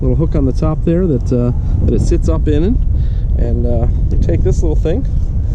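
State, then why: Not seated. Someone talks while a charging cable connector is lifted off its small hook and handled beside the charge port of a Tesla Model S, whose port light shows blue for ready to charge. A steady low rumble runs underneath throughout. The connector has not yet been pushed into the port, and nothing has clicked yet.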